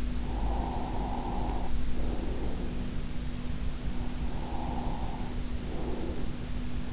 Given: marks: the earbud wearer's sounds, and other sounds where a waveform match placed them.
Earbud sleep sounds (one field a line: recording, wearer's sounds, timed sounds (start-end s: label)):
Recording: sounds in sleep by an in-ear microphone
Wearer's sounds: breath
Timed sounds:
0.22-2.98 s: breath
3.70-6.45 s: breath